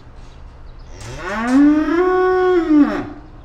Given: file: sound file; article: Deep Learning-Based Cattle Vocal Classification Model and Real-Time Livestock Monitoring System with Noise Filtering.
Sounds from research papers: cattle; estrus call

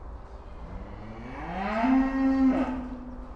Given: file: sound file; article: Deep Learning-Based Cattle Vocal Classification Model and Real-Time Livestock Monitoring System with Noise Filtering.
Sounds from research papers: cattle; food anticipating call

